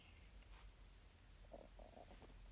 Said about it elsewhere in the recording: Sorry if you can hear my stomach growling.